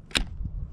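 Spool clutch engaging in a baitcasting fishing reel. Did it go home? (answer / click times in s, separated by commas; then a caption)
yes / 0.2 s. After a cast, the handle of a baitcasting fishing reel is turned, re-engaging the spool clutch that had been released for free spool. A sharp, bright click sounds at 0.2 s, followed by a faint low thump near 0.5 s over a low background rumble. The click shows the clutch has engaged and the reel is ready to retrieve.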